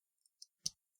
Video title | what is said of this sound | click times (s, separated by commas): TEF #148 - Recapping Original H240AS-00 Power Supply From Dell Optiplex 790 | and then it just had these two plastic pins that just snapped into place | 0.4 s, 0.7 s